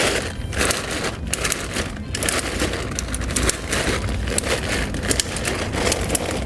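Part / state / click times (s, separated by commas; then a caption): softbox support rod into the softbox hub / seated / 0.7 s, 1.3 s, 2.4 s, 3.5 s, 4.4 s, 5.2 s. The support rods of a Nicefoto parabolic softbox for a studio light are pulled up one after another until each locks into its hub, with sharp clicks at 0.7, 1.3, 2.4, 3.5, 4.4 and 5.2 seconds. The fabric crinkles and rustles in between, and each rod is seated in place.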